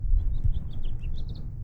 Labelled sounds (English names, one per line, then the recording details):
House Finch song
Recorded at Oceanside on Long Island, New York, on 17 June 1975
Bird I